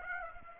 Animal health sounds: mosquito wingbeat signal from an infrared sensor; Aedes aegypti

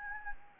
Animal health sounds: mosquito wingbeat signal from an infrared sensor; Anopheles gambiae

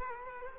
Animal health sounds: mosquito wingbeat signal from an infrared sensor; Culex quinquefasciatus

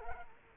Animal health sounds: mosquito wingbeat signal from an infrared sensor; Culex quinquefasciatus

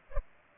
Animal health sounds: mosquito wingbeat signal from an infrared sensor; Culex pipiens

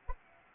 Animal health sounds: mosquito wingbeat signal from an infrared sensor; Anopheles arabiensis

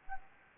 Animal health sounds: mosquito wingbeat signal from an infrared sensor; Anopheles arabiensis

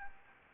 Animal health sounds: mosquito wingbeat signal from an infrared sensor; Anopheles gambiae

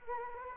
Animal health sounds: mosquito wingbeat signal from an infrared sensor; Anopheles arabiensis

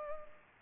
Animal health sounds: mosquito wingbeat signal from an infrared sensor; Culex pipiens

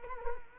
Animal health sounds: mosquito wingbeat signal from an infrared sensor; Culex quinquefasciatus

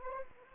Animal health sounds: mosquito wingbeat signal from an infrared sensor; Anopheles arabiensis

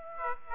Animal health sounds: mosquito wingbeat signal from an infrared sensor; Aedes aegypti

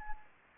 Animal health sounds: mosquito wingbeat signal from an infrared sensor; Anopheles gambiae

